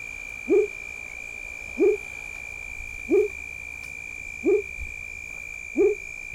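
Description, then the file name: Frog call: brief rising low notes repeated five times at an even pace, roughly every 1.3 seconds, with a constant thin high tone behind. "Sapo Frog"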